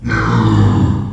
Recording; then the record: squeal of a Yucatan mini pig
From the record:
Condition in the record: after surgery on the right vocal fold (resection and tissue-engineered implant); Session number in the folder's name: 16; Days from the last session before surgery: 183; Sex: female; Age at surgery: 19 weeks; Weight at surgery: 25 kg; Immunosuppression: prednisolone